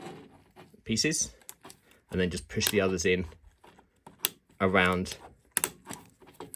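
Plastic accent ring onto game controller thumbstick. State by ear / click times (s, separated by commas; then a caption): seated / 5.6 s. A plastic custom accent ring is pushed around the thumbstick of a Flydigi Vader 3 Pro game controller while someone talks. Two sharp snaps at 5.6 s and 5.6 s mark the ring snapping into place, and it is seated on the stick.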